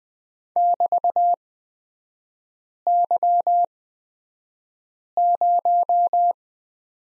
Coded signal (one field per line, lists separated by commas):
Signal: Morse code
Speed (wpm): 20 wpm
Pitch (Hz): 700 Hz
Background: none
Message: <BT>Y0